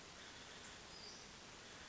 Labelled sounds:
Western Flycatcher (Empidonax difficilis)
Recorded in Sonoma County, California

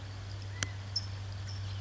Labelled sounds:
California Towhee (Melozone crissalis)
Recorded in Sonoma County, California

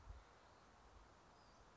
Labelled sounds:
Western Flycatcher (Empidonax difficilis)
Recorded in Sonoma County, California

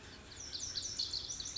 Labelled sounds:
Lazuli Bunting (Passerina amoena)
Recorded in Sonoma County, California

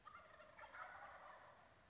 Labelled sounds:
Wild Turkey (Meleagris gallopavo)
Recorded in Sonoma County, California

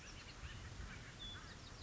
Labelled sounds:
Acorn Woodpecker (Melanerpes formicivorus)
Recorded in Sonoma County, California

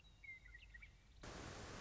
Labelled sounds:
Western Meadowlark (Sturnella neglecta)
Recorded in Sonoma County, California

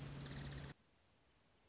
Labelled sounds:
Orange-crowned Warbler (Leiothlypis celata)
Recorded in Sonoma County, California

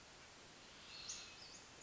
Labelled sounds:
Western Flycatcher (Empidonax difficilis)
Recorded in Sonoma County, California

